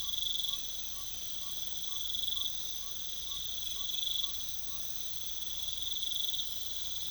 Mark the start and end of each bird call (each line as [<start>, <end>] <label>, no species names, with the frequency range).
[0.00, 4.91] bird call (0.6-1.4 kHz)